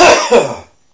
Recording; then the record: coughing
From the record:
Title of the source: Spring Cold Coughing 2